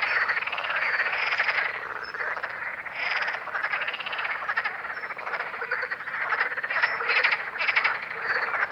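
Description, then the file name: Green frogs calling in a dense chorus, overlapping rattling, pulsed croaks sustained throughout with slight rises and falls in intensity. "Grenouille verte"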